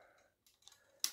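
A plastic retaining clip is snapped over an 18W T8 fluorescent tube at the top of a fabric lamp to hold the tube in place. After a quiet start with faint handling sounds around 0.5 and 0.7 seconds, a sharp, bright click comes at 1.0 seconds. The clip seats over the tube.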